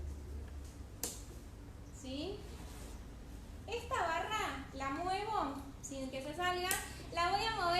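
A seam guide bar is pressed into the slot at the back of a sewing machine presser foot without removing the foot, since it fits by pressure. A sharp snap is heard at 1.0 s as the bar seats, and then someone talks.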